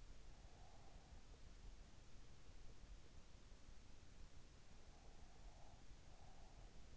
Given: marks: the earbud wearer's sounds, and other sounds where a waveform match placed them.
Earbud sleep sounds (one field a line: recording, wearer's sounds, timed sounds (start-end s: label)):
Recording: sounds in sleep by an in-ear microphone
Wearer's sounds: breath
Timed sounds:
0.40-1.28 s: breath
5.13-6.81 s: breath